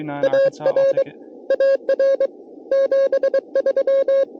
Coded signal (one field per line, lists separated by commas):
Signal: Morse code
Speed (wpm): 22 wpm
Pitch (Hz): 540 Hz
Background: speech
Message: AR AR 73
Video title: CW POTA US-11644